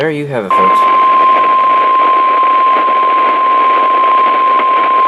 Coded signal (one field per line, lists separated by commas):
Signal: Emergency Alert System (SAME) tones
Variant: 1050 Hz attention tone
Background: speech